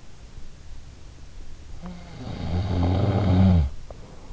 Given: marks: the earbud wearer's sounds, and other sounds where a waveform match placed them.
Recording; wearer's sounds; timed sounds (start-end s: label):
sounds in sleep by an in-ear microphone; snoring breath
1.50-4.18 s: snoring breath